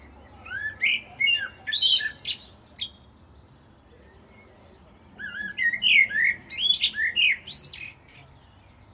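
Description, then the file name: Common blackbird song in two bursts, each opening with rich fluted notes and ending in high squeaky chatter, separated by a quiet pause of about two seconds. "Turdus merula"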